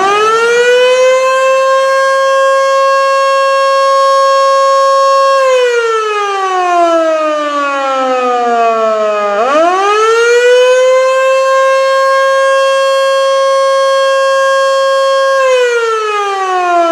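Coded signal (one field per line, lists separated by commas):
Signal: siren signal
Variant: Federal Signal Model 2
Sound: loud mechanical siren wail that holds, sinks low in pitch, then winds back up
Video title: Federal Signal Model 2: Pager/Siren Test, Attack, Gordon Heights, NY 1/26/2019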